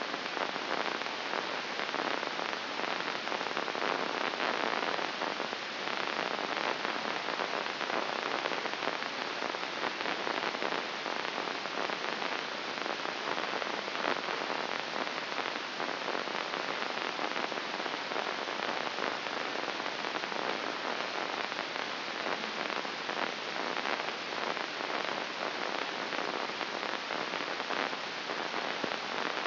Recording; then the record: brain microelectrode recording played as sound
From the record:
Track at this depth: inside the subthalamic nucleus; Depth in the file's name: 3.228 mm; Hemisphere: left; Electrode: 2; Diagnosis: Parkinson's disease